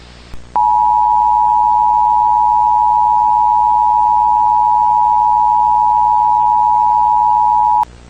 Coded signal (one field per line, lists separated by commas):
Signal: Emergency Alert System (SAME) tones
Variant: 853 and 960 Hz attention tone